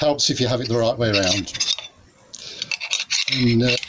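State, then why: Not seated. A filter slide is pushed into a telescope filter attachment on a second attempt while someone talks. Brief sharp handling taps and scrapes come between about 2.3 and 3.0 s. Nothing has seated or clicked into place yet.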